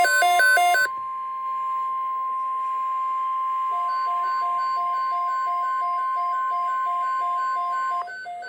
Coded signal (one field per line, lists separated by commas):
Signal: Emergency Alert System (SAME) tones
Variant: 1050 Hz attention tone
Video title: EAS #109 (TOA #96)